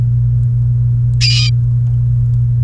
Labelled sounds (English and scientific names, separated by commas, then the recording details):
Domestic Canary (Serinus canaria) song
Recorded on 29 April 2018 at 11:53
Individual llb3